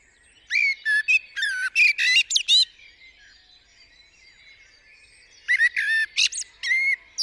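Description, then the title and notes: Common blackbird delivers a rich warbled phrase ending in high chattering notes, then a pause of a few seconds before another similar fluty, twittering phrase. Singing on a studio roof, UK, 8 April 2020 around 7am during Covid-19 lockdown; recorded with a parabolic dish, MKH50 and MKH30 microphones in M/S and a Sonosax R4+ recorder. "Blackbird On A Still Morning. I would like to share this recording I made this morning on the 8th April 2020 around 7am. A Blackbird singing on the roof of my studio"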